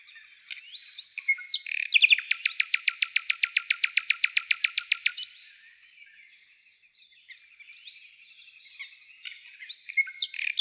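Bird sounds with varied chirps around a long rapid trill of sharp, evenly spaced notes for about three seconds, then quieter twittering and a few louder chirps.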